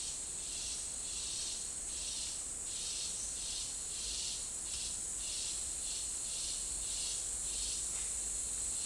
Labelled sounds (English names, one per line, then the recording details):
none
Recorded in dense forest near Puerto Asís, Putumayo, Colombia, on 13 March 2025 at 14:00
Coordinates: 0.499, -76.324
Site GP03